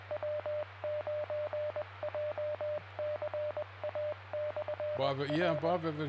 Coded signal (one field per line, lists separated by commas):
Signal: Morse code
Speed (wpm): 20 wpm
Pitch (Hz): 600 Hz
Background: speech, radio noise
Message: W9JCA/R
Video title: Sept 3, 2024: Jay County Amateur Radio Club Tuesday Net starts at 7 PM Eastern.